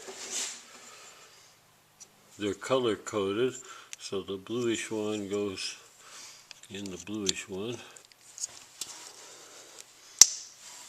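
A blue color-coded wiring connector is pushed into its matching blue socket while someone talks. After quieter handling noises, a loud, sharp click at 10.2 s shows the connector is seated.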